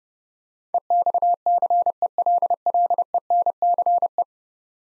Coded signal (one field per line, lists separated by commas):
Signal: Morse code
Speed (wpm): 31 wpm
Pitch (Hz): 700 Hz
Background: none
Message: EXCELLENCE